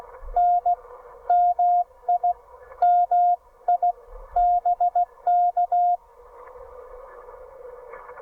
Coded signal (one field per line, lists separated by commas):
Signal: Morse code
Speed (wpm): 16 wpm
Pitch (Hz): 710 Hz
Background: none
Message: N MI MI BK